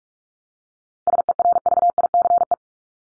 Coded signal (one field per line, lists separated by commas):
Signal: Morse code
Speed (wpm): 44 wpm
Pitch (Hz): 700 Hz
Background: none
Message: SERVICE